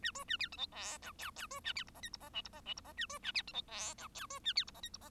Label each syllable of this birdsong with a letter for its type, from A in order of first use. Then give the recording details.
A B A C D E F G H H B A C I J K I J L I J L I J A B A C D E F G H B A C I J K I J. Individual Bird1